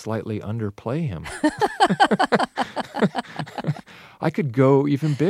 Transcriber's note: soundbite of laughter